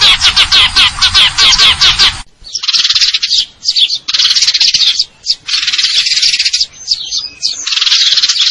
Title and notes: GEREJA TARUNG NEMBAK PANJANG SUARA JERNIH MASTERAN WAJIB BURUNG LOMBA. Burung Gereja